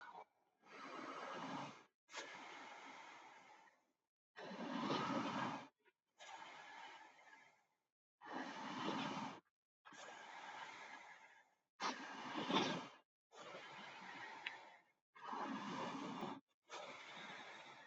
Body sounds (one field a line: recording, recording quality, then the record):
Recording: shallow breathing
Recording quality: excellent, no background noise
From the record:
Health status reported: COVID-19 positive, no symptoms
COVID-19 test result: positive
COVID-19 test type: RT-PCR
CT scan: not taken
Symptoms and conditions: cough, fever, muscle pain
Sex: male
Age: 33 years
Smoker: yes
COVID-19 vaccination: both doses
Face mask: not worn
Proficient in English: yes